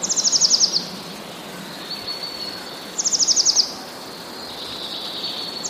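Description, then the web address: Eurasian blue tit, song of quick silvery trills: one at the start, another about three seconds later, and a third just beginning as it ends, with background hiss. "wroblowe teka spiew. wroblowe teka modraszkoteka"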